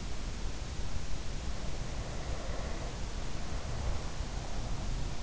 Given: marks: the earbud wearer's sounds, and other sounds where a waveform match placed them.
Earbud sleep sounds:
sounds in sleep by an in-ear microphone; breath
1.09-5.19 s: breath

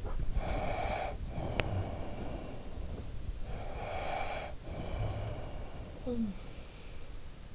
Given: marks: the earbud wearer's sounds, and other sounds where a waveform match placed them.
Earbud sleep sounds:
sounds in sleep by an in-ear microphone; breath
0.01-2.92 s: breath
3.15-6.01 s: breath
5.64-7.01 s: sound from someone else or the room

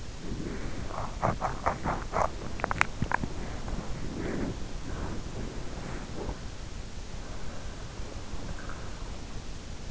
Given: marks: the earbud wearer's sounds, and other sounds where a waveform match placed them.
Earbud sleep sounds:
sounds in sleep by an in-ear microphone; body movement, teeth grinding, swallowing
0.00-9.55 s: body movement
1.13-2.44 s: teeth grinding
2.54-3.38 s: swallowing

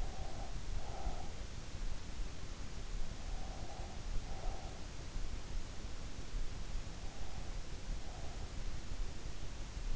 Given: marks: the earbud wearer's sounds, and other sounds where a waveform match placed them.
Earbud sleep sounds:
sounds in sleep by an in-ear microphone; breath
0.00-1.61 s: breath
3.27-5.11 s: breath
6.96-8.50 s: breath

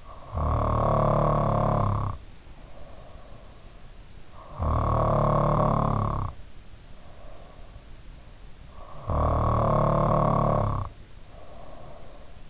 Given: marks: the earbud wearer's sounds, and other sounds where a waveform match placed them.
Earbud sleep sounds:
sounds in sleep by an in-ear microphone; snoring breath
0.00-3.53 s: snoring breath
4.28-7.65 s: snoring breath
8.97-12.50 s: snoring breath

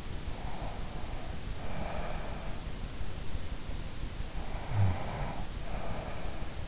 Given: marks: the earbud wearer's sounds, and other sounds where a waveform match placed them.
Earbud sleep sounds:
sounds in sleep by an in-ear microphone; snoring breath, breath
0.34-2.61 s: snoring breath
4.38-6.56 s: breath

